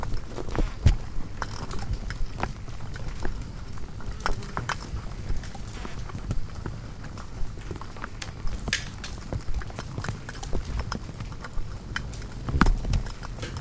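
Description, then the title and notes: Insects swarming a lightbulb, a dense rain of sharp ticks and taps over a steady low hum, with occasional louder knocks. Hundreds of insects frantically congregating at night around a lone porch bulb, wildlife ranch in Mmabolela savannah, South Africa, November 2016; mix of six mics including miniature omnis; Zoom F8 recorder. "Hundreds of Bugs. One Lightbulb. a bulb hanging on the porch of a wildlife ranch in South Africa."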